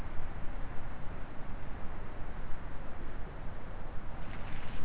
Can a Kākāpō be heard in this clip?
no